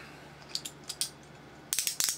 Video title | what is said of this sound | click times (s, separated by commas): You can build the 3d printed windup Mr. Defender Robot. | hear that click that that's the sound you want you know you got it put together right when you hear that | 1.0 s, 1.7 s, 2.0 s